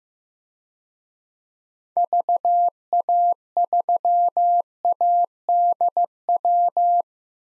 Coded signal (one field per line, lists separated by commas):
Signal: Morse code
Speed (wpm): 15 wpm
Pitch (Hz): 700 Hz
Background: none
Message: VA3ADW